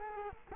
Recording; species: mosquito wingbeat signal from an infrared sensor; Culex quinquefasciatus